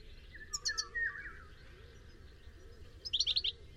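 Bird gives two short bursts of high chirps, the first with lower slurred notes, separated by a quiet gap over a low background hum.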